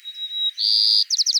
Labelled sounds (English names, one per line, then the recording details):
White-crowned Sparrow song
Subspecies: nuttalli
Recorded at Bonny Doon, California, in 2014
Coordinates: 37.000, -122.180
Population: admixed
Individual BODU_male971_14